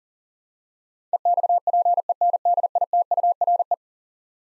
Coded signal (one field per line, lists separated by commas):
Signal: Morse code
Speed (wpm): 40 wpm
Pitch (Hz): 700 Hz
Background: none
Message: EXPENDITURE